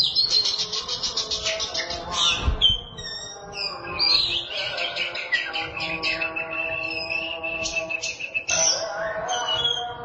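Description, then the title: Oriental magpie-robin singing a fast, varied medley of buzzy rattles, sweeping whistles and harsh notes, with a brief low thump midway. Chirping song (kicauan). "Suara Kicauan Burung Kacer Durasi Panjang"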